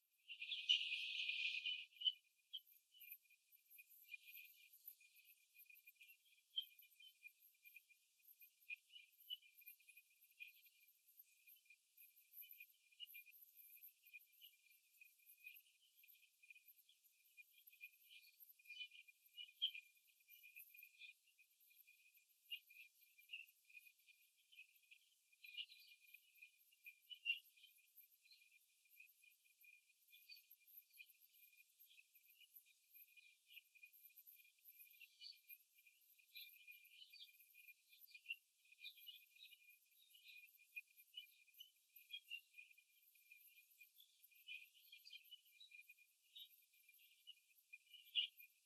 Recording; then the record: young laying hens in a cage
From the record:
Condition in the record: before the stressor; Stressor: simulated dog barking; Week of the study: 2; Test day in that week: 3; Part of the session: 1